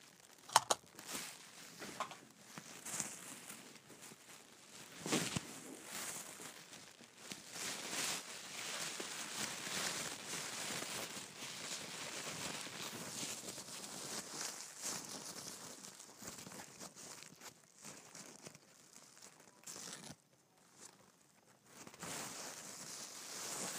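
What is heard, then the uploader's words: Tissue paper and gift wrap rustle and crinkle almost nonstop, a dense, hissy crackle that swells and fades as the sheets are handled. Sharper crumples and taps land near the start and around five seconds, and the rustling briefly drops away near twenty seconds before resuming. ASMR Gift Wrapping and Tissue Paper.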